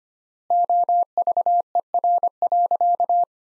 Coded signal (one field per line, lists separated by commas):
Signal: Morse code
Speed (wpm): 25 wpm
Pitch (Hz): 700 Hz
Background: none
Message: OVER.